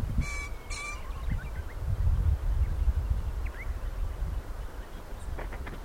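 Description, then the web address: Green pheasant crowing call: two loud, harsh, harmonic notes close together near the start, followed by faint small-bird chirps over low rumbling background noise. Recorded 25 March 2022. "sangamaki kiji 220325"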